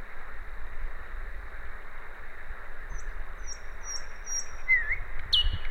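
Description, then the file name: Common nightingale calls: a faint run of short high notes, a brief slurred whistle, then one sharp, bright descending note at the end, over steady low rumbling background noise. "Luscinia megarhynchos"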